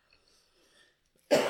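After about a second of near silence with faint room sounds, a single sudden, loud, harsh cough from an adult bursts out close to the microphone in a small room and is cut off at the end. It is an isolated ordinary cough.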